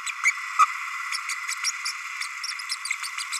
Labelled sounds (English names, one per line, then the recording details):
Green-rumped Parrotlet babbling
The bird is a male
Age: 30 days
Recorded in a nest box in Venezuela
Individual 17B32A6